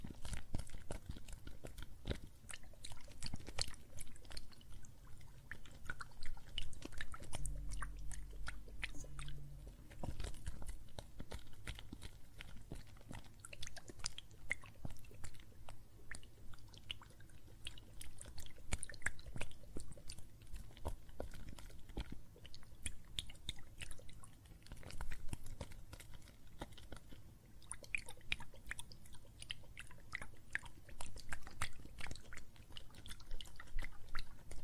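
Soap foam crackles and fizzes with water, a dense, steady stream of tiny pops and clicks running the whole time. A low hum sits underneath, swelling briefly between about 7 and 10 seconds, while the crackling stays busy and irregular throughout.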